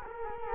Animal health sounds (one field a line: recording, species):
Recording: mosquito wingbeat signal from an infrared sensor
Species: Culex quinquefasciatus